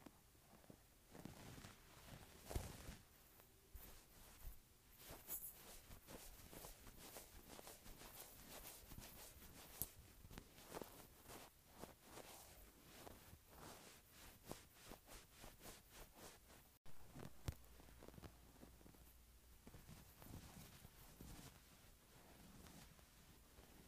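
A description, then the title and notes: A wool shirt rustles and rubs in a dense, steady run of soft scratchy swishes, with quicker bursts of friction through the first half. Around seventeen seconds there is an abrupt cut, after which the rubbing resumes slightly quieter and more even. ASMR Wool Shirt.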